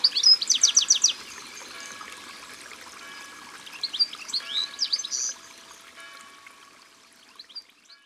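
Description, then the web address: European goldfinch song: a rapid series of high notes, a pause, then softer twittering that fades toward the end over a faint steady background. Sung by the water. "Chardonneret elegant Au bord de leau. album au-bord-de-leau"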